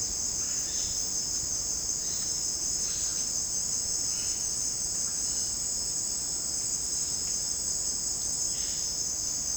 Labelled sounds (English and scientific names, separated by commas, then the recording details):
none
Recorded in dense forest near Puerto Asís, Putumayo, Colombia, on 25 June 2025 at 15:30
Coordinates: 0.499, -76.324
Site G100